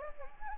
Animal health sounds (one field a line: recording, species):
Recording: mosquito wingbeat signal from an infrared sensor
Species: Anopheles gambiae